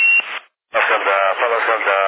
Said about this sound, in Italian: Fallo scaldare. Sì, già lo sto facendo scaldare. Infatti, lo senti, sto facendo portanti lunghe proprio per farlo scaldare alla grande.